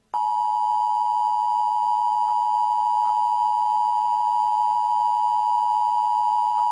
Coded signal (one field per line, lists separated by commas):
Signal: Emergency Alert System (SAME) tones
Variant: 853 and 960 Hz attention tone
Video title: (REUPLOAD) EAS - Food Contamination Warning for White Chocolate